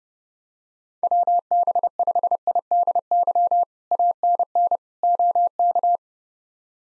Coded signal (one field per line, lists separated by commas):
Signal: Morse code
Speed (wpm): 30 wpm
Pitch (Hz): 700 Hz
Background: none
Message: WB5IDY ANN OK